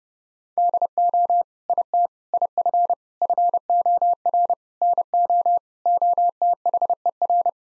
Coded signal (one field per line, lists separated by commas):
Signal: Morse code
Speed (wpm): 30 wpm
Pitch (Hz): 700 Hz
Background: none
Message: DO IT IF FOR NO OTHER